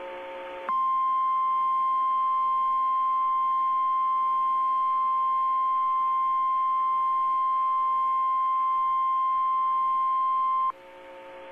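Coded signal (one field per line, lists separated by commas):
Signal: Emergency Alert System (SAME) tones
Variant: 1050 Hz attention tone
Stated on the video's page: Real severe thunderstorm warning SAME tones from NOAA Weather Radio station WXL86, Spokane, Washington.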